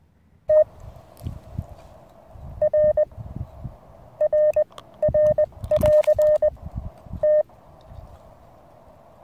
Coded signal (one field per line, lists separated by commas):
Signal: Morse code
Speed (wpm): 20 wpm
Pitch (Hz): 610 Hz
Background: none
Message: TR RR <AR> T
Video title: Why And How To Build An Easy RF Choke.